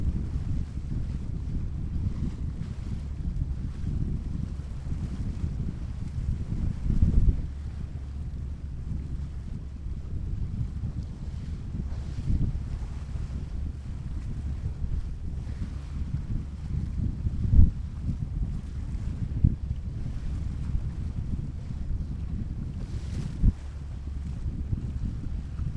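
Ocean wind and water make a deep, steady rumble, heavy in the lows and buffeting the microphone throughout. Thumps and surges stand out around 7, 12, 17 and 23 seconds, like waves slapping, while the higher sounds stay faint.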